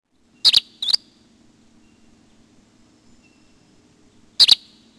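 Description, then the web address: Gray Flycatcher calls: a sharp doubled note near the start, then silence for several seconds before another brisk paired note near the end. "Peterson North American Birds iso sound grfl"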